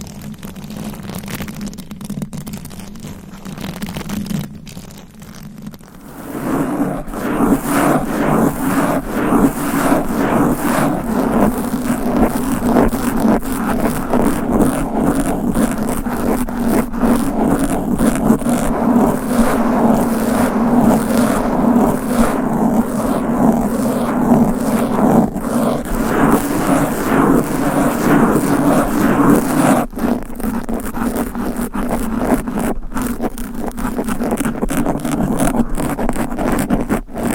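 Fast, aggressive scratching of nails over a microphone cover, a dense rasping texture with a steady low hum underneath. The first six seconds are quieter and sparser, then the scratching kicks in hard and stays busy and rough, with a brief dip near thirty seconds.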